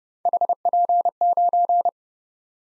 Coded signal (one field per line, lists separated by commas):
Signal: Morse code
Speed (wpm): 30 wpm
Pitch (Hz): 700 Hz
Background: none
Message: HP9